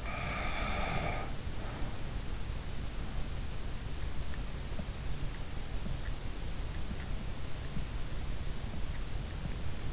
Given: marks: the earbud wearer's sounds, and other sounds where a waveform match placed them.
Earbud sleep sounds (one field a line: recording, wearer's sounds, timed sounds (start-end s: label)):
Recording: sounds in sleep by an in-ear microphone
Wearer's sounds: snoring breath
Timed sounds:
0.00-2.18 s: snoring breath